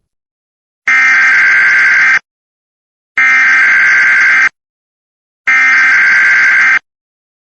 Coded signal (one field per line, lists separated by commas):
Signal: Emergency Alert System (SAME) tones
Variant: header bursts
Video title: EAS Scenario: Hell on Earth South Park Edition